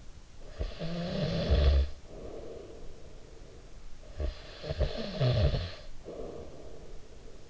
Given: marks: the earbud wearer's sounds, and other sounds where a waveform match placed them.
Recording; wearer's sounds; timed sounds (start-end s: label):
sounds in sleep by an in-ear microphone; snoring breath
0.13-7.50 s: snoring breath